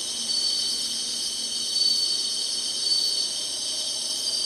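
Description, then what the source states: Insects sing in a continuous, high shimmering chorus, with a couple of brief louder swells. Singing, in summer.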